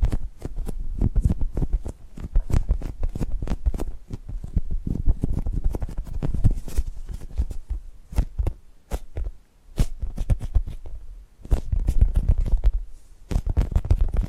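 Tapping and gripping sounds come in quick, irregular bursts of sharp clicks and taps over a soft low rumble, with some brief scratchy shuffling. The activity runs nearly without pause, thinning briefly around nine and thirteen seconds before picking up again.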